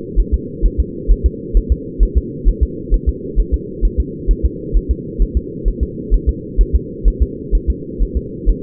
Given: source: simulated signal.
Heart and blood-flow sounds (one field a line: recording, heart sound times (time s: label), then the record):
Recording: fetal heart sounds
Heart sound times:
0.20 s: S1
0.34 s: S2
0.66 s: S1
0.80 s: S2
1.11 s: S1
1.26 s: S2
1.57 s: S1
1.72 s: S2
2.03 s: S1
2.17 s: S2
2.48 s: S1
2.63 s: S2
2.94 s: S1
3.09 s: S2
3.40 s: S1
3.54 s: S2
3.85 s: S1
4.00 s: S2
4.31 s: S1
4.45 s: S2
4.77 s: S1
4.91 s: S2
5.22 s: S1
5.37 s: S2
5.68 s: S1
5.83 s: S2
6.14 s: S1
6.29 s: S2
6.61 s: S1
6.75 s: S2
7.08 s: S1
7.22 s: S2
7.55 s: S1
7.70 s: S2
8.02 s: S1
8.17 s: S2
8.49 s: S1
From the record:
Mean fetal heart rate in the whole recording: 130 bpm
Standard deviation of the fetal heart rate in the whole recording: 2 bpm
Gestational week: 36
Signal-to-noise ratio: -4.1 dB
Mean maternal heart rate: no maternal heart sound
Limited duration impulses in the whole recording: absent